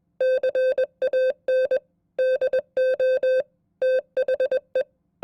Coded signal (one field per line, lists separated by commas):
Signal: Morse code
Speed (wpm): 21 wpm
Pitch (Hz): 520 Hz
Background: none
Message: CAN DO THE